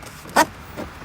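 A plastic gauge vent trim piece is pressed by hand into a Mustang's car dashboard, making a short, brighter handling sound at about 0.4 s and a fainter one near 0.8 s over low background noise. Nothing has seated or clicked home yet.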